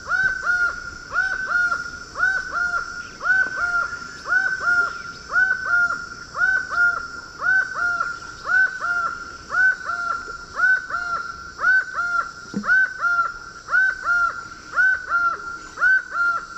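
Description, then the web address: Laughing falcon calling in a long, regular series of paired ringing notes, about one pair a second, keeping an even rhythm throughout. Recorded in the Eastern Lowlands of South America. "Natures Songs S America Eastern Lowlands Herpetotheres cachinnans, song"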